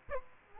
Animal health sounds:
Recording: mosquito wingbeat signal from an infrared sensor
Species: Culex quinquefasciatus

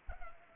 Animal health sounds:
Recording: mosquito wingbeat signal from an infrared sensor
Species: Culex pipiens

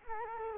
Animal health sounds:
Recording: mosquito wingbeat signal from an infrared sensor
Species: Culex quinquefasciatus

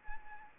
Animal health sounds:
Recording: mosquito wingbeat signal from an infrared sensor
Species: Anopheles arabiensis

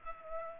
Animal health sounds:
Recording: mosquito wingbeat signal from an infrared sensor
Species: Aedes aegypti

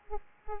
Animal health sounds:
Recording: mosquito wingbeat signal from an infrared sensor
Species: Aedes aegypti

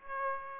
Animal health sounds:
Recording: mosquito wingbeat signal from an infrared sensor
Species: Aedes aegypti

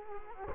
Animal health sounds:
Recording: mosquito wingbeat signal from an infrared sensor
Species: Culex quinquefasciatus

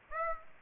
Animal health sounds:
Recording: mosquito wingbeat signal from an infrared sensor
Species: Aedes aegypti

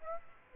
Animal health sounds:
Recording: mosquito wingbeat signal from an infrared sensor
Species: Aedes aegypti

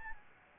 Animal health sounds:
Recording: mosquito wingbeat signal from an infrared sensor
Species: Aedes albopictus

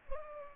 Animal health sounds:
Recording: mosquito wingbeat signal from an infrared sensor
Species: Culex pipiens

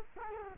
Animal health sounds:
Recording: mosquito wingbeat signal from an infrared sensor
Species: Culex quinquefasciatus

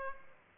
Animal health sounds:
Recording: mosquito wingbeat signal from an infrared sensor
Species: Aedes aegypti

